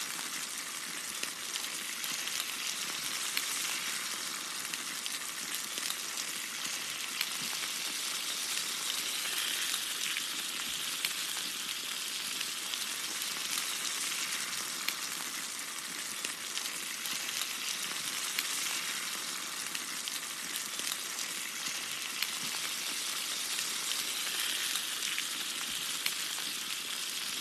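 Food sizzles on a grill in a steady, dense hiss of fine crackles that never lets up across the whole recording. The sound sits bright, with little low rumble beneath and only slight swells in loudness.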